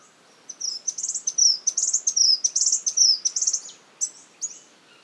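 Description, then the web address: Spotted scrubwren chattering: a burst of very high, sharp, scratchy notes in an uneven string, followed by two separate chips near the end. "sound spotted-scrubwren. صدای-پرنده-خسنشین-خالدار"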